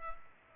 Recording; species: mosquito wingbeat signal from an infrared sensor; Culex pipiens